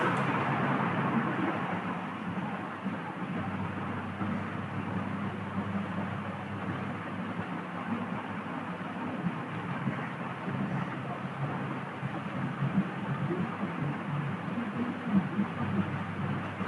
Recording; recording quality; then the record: shallow breathing; moderate, slight background noise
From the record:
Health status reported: healthy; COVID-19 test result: not tested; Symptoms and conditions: cough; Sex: male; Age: 23 years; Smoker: yes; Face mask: not worn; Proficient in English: yes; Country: India